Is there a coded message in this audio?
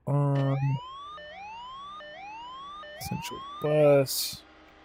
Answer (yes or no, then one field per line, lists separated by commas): no